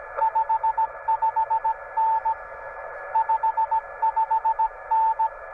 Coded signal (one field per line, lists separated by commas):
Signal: Morse code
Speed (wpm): 17 wpm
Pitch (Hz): 890 Hz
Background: radio noise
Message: 55N 55N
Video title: POTA at Haynes Bottom, TN 12 Feb